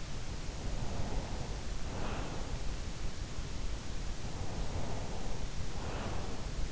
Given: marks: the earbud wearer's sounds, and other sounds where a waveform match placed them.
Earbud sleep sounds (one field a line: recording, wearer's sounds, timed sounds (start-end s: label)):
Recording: sounds in sleep by an in-ear microphone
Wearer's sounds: breath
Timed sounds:
0.75-2.52 s: breath
4.24-6.58 s: breath